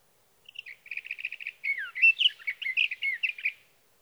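Sage thrasher singing, opening with a quick stutter of repeated clipped notes, then running into a jumbled, warbling series of slurred whistles.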